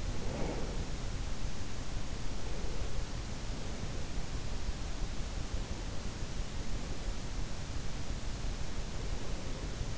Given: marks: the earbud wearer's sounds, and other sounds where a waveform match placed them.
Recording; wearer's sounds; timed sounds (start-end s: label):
sounds in sleep by an in-ear microphone; breath
0.00-1.32 s: breath